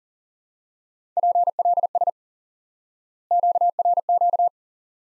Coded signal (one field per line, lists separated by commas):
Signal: Morse code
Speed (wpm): 38 wpm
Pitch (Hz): 700 Hz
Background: none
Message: PLS QRQ